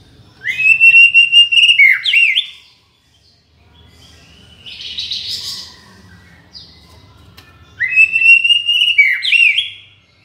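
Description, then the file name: White-rumped shama giving two long sweet whistled phrases ending in quick twisting notes, separated by a softer buzzy burst and a quiet gap. From Borneo. "murai batu borneo"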